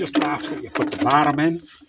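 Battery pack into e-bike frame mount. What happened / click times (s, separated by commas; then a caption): The part is being handled but has not clicked into place yet / none. Someone talks while handling the battery pack of a Philodo Jumbo e-bike, placing it bottom-first into the frame mount. Nothing has seated or clicked yet.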